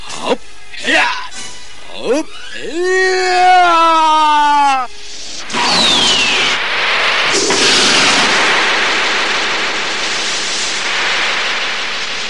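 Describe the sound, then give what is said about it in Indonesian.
A series of rising, wavering tonal whooshes gives way to a loud, roaring explosion from the clash of two magical powers, its harsh crackling rumble sustaining for several seconds before slowly thinning out. “Benturan kedua tenaga sakti itu menimbulkan ledakan yang memekakkan telinga.”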